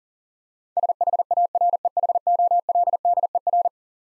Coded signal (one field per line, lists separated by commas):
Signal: Morse code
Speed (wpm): 37 wpm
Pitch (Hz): 700 Hz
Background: none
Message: SHAREHOLDER